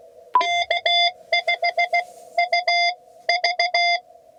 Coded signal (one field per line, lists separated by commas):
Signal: Morse code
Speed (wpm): 16 wpm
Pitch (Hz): 690 Hz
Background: none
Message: K5UV